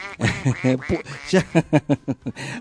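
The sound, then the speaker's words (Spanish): A duck quacks repeatedly: a few drawn-out, raspy nasal calls give way to a quick run of short, evenly spaced quacks, fairly loud and with no talking over them. “Escuche el pato.”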